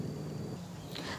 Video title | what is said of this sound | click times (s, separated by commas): PANDUAN LENGKAP BUDIDAYA TRIGONA BIROI DENGAN STUP DIMENSI NATURAL PART-1 | temen-temen jadi sudah terkunci | 1.0 s